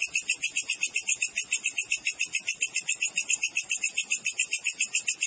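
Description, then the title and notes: Cricket chirping in a fast, steady pulsed trill, high and shrill, with no other sounds. Wild cricket recording, described as clear with tightly spaced chirps, meant as master song for training songbirds and for repelling rats. "Masteran Jangkrik Alam Jernih, Jeda Rapat Cocok Untuk Masteran Burung Dan Mengusir Tikus. suara jangkrik"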